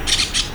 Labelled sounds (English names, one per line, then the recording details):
Brown-throated Parakeet contact call
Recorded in Venezuela
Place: Cerro Saroche, Hato Dalmatela, Edo. Lara
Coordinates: 10.149, -69.534